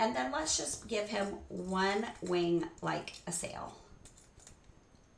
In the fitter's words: oh those won't work those won't snap together darn it